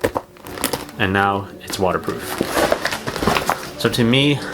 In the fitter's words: then when you close it the top here you'll hear a click and now